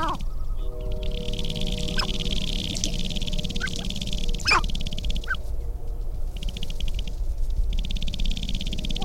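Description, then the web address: Sharp-tailed grouse giving a sustained flat hooting tone with a dry, buzzy rattle running through, plus a few sharp clicks. "Laura's Natural Sounds Sharp-tailed Grouse"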